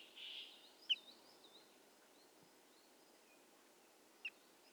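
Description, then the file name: Common chaffinch giving two sharp, high call notes about three seconds apart, with a brief rushing sound at the start and faint warbling from another bird behind. "Fringilla coelebs"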